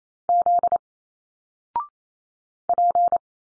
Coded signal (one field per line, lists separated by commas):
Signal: Morse code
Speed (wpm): 28 wpm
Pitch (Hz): 700 Hz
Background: none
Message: Z P